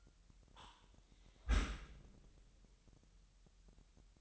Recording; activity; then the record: daily activity, microphone in the room; close dishwasher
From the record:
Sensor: 3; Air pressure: 998.3 hPa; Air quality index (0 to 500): 148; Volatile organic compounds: 5 ppm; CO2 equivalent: 1766 ppm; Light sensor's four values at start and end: 14/40/16/15 and 14/40/16/15